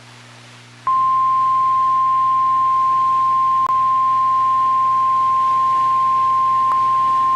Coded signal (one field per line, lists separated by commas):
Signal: Emergency Alert System (SAME) tones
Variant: 1050 Hz attention tone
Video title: North Central Texas Severe T Storm Outbreak (EAS 1494-1515)